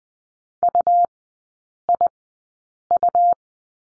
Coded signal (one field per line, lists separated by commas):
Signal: Morse code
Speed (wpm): 20 wpm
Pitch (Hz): 700 Hz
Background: none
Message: UIU